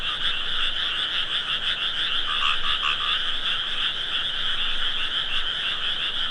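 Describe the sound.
Frogs calling in a dense, continuous chorus of fast, buzzy trilling pulses that merge into a steady droning hum, with a slightly louder cluster of calls in the middle.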